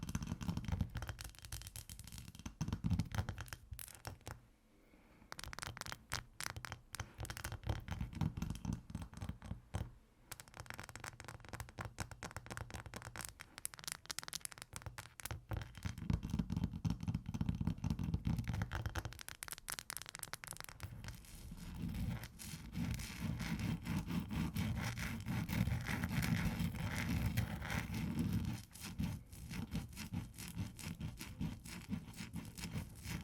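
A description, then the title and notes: Ice being tapped and scratched in dense, rapid bursts, with gritty scraping and rumbling low passages, pausing briefly near five and ten seconds. ASMR Ice Tapping & Scratching (No Talking).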